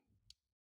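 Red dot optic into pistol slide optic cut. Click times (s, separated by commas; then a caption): 0.3 s. A Vortex Defender CCW red dot optic is pressed into the RMSc optic cut milled into a pistol slide. It snaps into place with a short, sharp click at 0.3 s over a faint low rumble. It seats as a snug fit that will pass the shake test.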